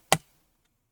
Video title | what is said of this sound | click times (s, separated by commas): Macbook Pro A2289 LCD Screen Replacement | you hear that little pop now it's good to go | 0.1 s